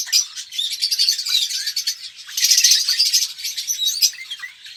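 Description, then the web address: Red-rumped parrot song, a steady stream of bright, rapid chirps and warbles that swells louder around the middle. "pevcii popugai. parrots psephotus-haematonotus"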